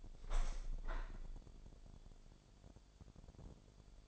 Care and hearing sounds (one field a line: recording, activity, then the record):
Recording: daily activity, microphone in the room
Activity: open window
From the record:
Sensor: 5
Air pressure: 1006.5 hPa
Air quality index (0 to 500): 185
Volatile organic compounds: 5 ppm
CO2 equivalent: 1759 ppm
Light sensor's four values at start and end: 56/161/62/63 and 56/161/62/63